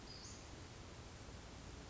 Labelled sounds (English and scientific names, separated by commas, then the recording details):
Western Flycatcher (Empidonax difficilis)
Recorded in Sonoma County, California